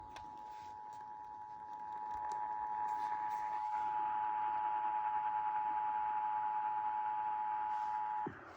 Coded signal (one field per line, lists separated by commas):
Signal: Emergency Alert System (SAME) tones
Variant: 853 and 960 Hz attention tone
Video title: 1/11/21 | Virginia AMBER Alert [EAS #291]